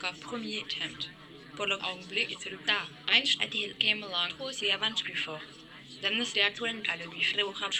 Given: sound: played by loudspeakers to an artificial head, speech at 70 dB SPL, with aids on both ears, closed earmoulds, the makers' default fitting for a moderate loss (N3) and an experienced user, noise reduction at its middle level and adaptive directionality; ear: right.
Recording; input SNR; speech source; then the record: speech test signal (ISTS) in cocktail-party noise; +6 dB; in front (0 degrees)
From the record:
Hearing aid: class 1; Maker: C